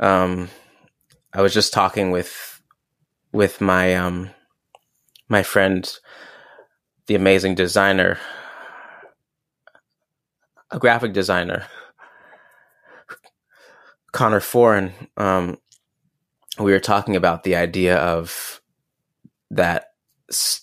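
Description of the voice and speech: A low-pitched adult male voice speaks in short bursts broken by long silent gaps of one to two seconds, with a repeated word ('with… with') and stretched word endings. The halting flow, repetitions and prolongations fit stuttering, an inherited genetic trait in this man.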